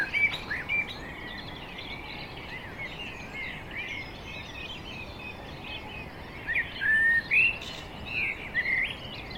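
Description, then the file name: Common blackbird, soft fluty phrases repeated after pauses, fuller toward the end, over a hissy background. "Turdus merula"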